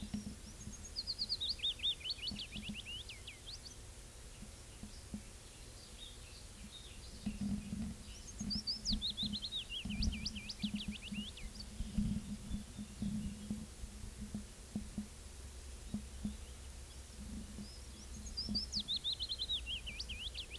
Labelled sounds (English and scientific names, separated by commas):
Willow Warbler (Phylloscopus trochilus) song